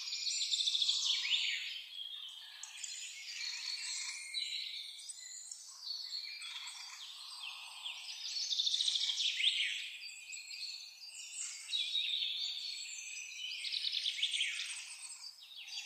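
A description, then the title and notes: Many forest birds chirp and trill at once in a dense, bright, overlapping chorus, swelling slightly in waves, with no low sounds underneath. Birds Chirping in the Forest.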